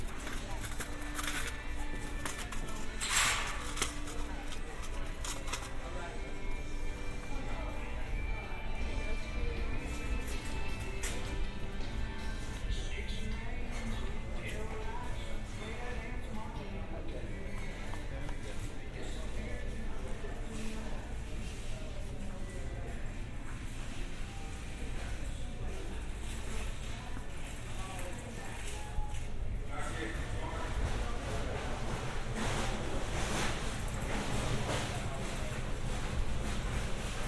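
Shoppers at a hardware store talk over steady store noise, with voices coming and going throughout. Country music plays underneath, and sharp clicks, knocks and rustles of handled goods pop up every few seconds, with a brief louder clatter near thirty seconds.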